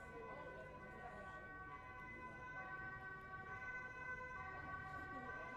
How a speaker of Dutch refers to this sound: De tune van de politieauto doet ook mee met onze beat.